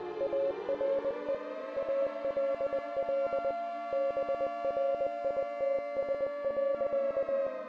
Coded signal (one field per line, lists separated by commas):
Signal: Morse code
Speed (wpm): 20 wpm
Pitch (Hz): 550 Hz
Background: music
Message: ARE ALL BRITS.